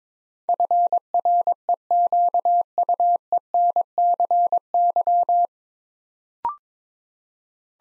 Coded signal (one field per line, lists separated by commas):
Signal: Morse code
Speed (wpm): 22 wpm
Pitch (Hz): 700 Hz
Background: none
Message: FREQUENCY